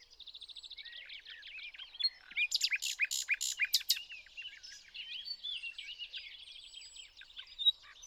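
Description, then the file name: Common nightingale song opening with a rapid repeated note series, then varied warbling and loud staccato notes. "Luscinia megarhynchos"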